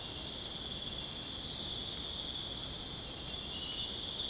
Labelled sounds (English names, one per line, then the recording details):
none
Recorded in secondary vegetation near Puerto Asís, Putumayo, Colombia, on 23 June 2025 at 00:30
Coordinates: 0.484, -76.319
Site G074